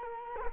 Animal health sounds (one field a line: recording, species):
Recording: mosquito wingbeat signal from an infrared sensor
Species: Culex quinquefasciatus